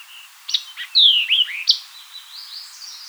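White-eyed vireo delivering a single rapid phrase: a snappy chip, a long down-slurred whistle, then quick hooked notes ending in a sharp chip, with faint thin notes after.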